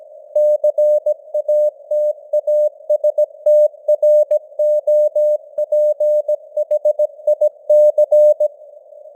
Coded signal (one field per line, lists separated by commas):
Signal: Morse code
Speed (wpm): 17 wpm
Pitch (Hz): 600 Hz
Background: none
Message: CATASTROPHIC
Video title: Morse Code News | 2025-10-18 | 17wpm